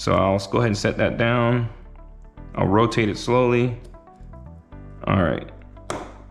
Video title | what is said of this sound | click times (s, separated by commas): ARRMA DIFFS THIS IS HOW IT'S DONE | Oh, you hear you hear that second click? That was it. | 5.9 s